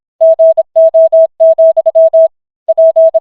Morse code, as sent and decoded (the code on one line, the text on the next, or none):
--. --- --..-- / .--.
GO, P